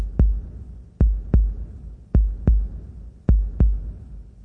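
Deep, low thuds come in regular lub-dub pairs at a slow pace of about 52 beats a minute. It is a steady heartbeat, with a faint low rumble between beats.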